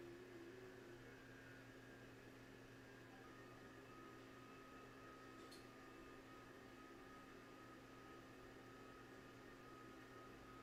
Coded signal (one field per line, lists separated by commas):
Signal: FT8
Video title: SOLAR ECLIPSE and HAM RADIO